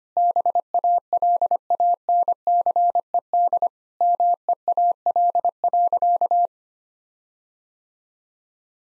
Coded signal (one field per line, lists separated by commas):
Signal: Morse code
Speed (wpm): 25 wpm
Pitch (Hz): 700 Hz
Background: none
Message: BALANCED MEAL.